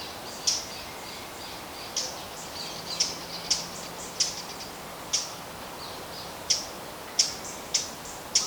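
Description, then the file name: Eurasian blackcap giving hard, clicking tack calls, about ten single sharp notes at uneven intervals, over a steady background hiss. "Sylvia atricapilla"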